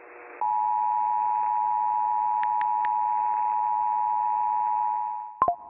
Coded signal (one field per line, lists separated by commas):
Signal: Emergency Alert System (SAME) tones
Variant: 853 and 960 Hz attention tone